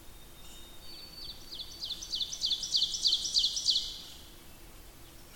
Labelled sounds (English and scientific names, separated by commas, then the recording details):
Ovenbird (Seiurus aurocapilla) song
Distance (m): 30 m
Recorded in boreal forest in Alberta, Canada, on 8 June 2016 at 08:27
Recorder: SongMeter 3, array SBT-3-9
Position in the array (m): 179 m, 155 m
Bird 35